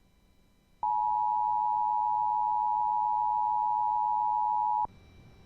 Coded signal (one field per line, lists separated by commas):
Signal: Emergency Alert System (SAME) tones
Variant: 853 and 960 Hz attention tone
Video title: A Day of RMTs (EAS #979-#982)